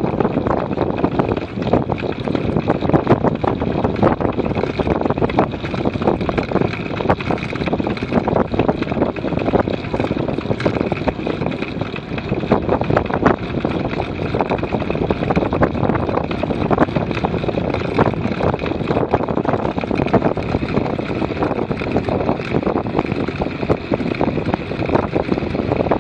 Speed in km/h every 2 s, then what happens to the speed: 33, 41, 28, 34, 36, 36, 35, 38, 37, 33, 34, 34, 32.
2-5 brakes to 28. 5-26 steady at about 34.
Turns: none.